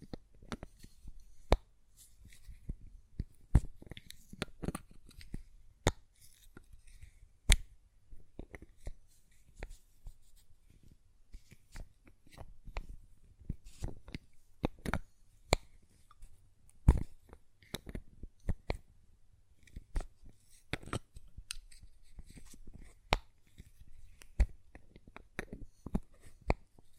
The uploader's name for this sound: Glass Perfume Bottle Tapping & Lid Sounds